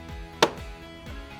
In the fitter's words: the opposite direction we did to remove and then you will be able to hear it click into place